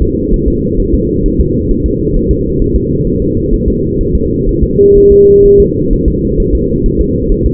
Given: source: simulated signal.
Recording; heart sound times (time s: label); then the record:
fetal heart sounds
0.02 s: S2
0.34 s: S1
0.48 s: S2
0.80 s: S1
0.94 s: S2
1.26 s: S1
1.40 s: S2
1.71 s: S1
1.86 s: S2
2.17 s: S1
2.31 s: S2
2.62 s: S1
2.76 s: S2
3.07 s: S1
3.22 s: S2
3.53 s: S1
3.68 s: S2
4.01 s: S1
4.15 s: S2
4.49 s: S1
4.64 s: S2
4.97 s: S1
5.12 s: S2
5.46 s: S1
5.60 s: S2
5.93 s: S1
6.08 s: S2
6.40 s: S1
6.55 s: S2
6.86 s: S1
7.01 s: S2
7.32 s: S1
7.46 s: S2
From the record:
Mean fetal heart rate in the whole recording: 130 bpm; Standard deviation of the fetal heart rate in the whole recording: 4 bpm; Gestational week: 38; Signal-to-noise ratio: -14.7 dB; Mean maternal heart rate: 72 bpm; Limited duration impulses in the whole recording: present